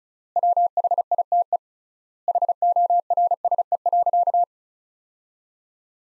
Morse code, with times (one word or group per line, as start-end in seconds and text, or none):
0.4-1.6 WHITE
2.3-4.4 HORSE.